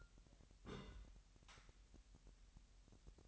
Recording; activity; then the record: daily activity, microphone in the room; place on stove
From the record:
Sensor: 3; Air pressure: 1002.0 hPa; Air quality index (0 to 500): 246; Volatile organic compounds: 48 ppm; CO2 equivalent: 3269 ppm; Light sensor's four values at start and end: 6/15/6/6 and 6/15/6/6